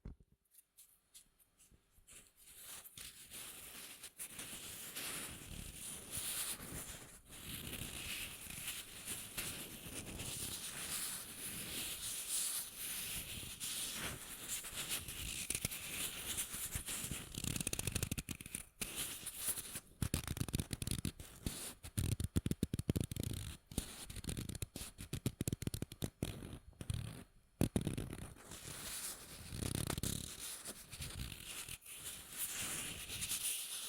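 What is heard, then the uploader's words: Dense, continuous rubbing and crinkling with rough scratchy bursts and a few brief gaps, growing louder and choppier after about twenty seconds. Rubbing and Crinkles (NO TALKING).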